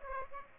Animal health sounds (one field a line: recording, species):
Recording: mosquito wingbeat signal from an infrared sensor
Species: Aedes aegypti